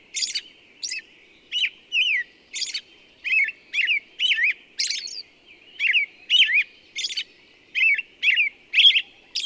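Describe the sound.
Bird chirps rapid and varied, curved whistled notes and high ticks about twice each second, with a soft low hum underneath.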